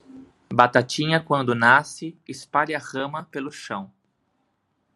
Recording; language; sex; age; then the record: short text; Brazilian Portuguese; male; 30 to 39 years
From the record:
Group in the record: control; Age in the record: 33 years